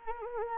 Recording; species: mosquito wingbeat signal from an infrared sensor; Anopheles arabiensis